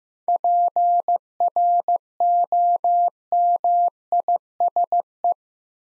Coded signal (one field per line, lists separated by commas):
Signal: Morse code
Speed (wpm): 15 wpm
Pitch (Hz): 700 Hz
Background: none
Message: PROMISE